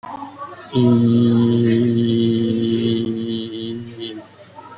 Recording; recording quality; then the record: sustained vowel as in beet; excellent, no background noise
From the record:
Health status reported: respiratory illness, not identified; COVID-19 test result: negative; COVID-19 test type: RT-PCR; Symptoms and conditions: cough, cold, breathing difficulty, fever, asthma, chronic lung disease, another respiratory illness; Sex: male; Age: 51 years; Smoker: no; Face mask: not worn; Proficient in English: no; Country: India